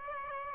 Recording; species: mosquito wingbeat signal from an infrared sensor; Aedes aegypti